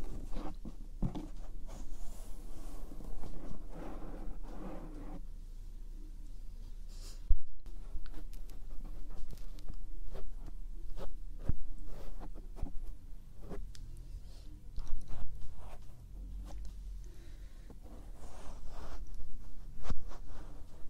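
Close ear brushing and tapping, with soft scratchy rustles and scattered quick taps that come irregularly through the clip. A denser brushing stretch fills the first five seconds, then lighter strokes and sharp clicks, one pronounced near seven seconds.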